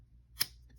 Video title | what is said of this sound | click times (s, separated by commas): Pilot Metropolitan Vs Lamy Al-Star (Beginner Fountain Pen Comparison)@PilotPenUSA | hear that satisfying uh snap there so i like that snap-on cap | 0.4 s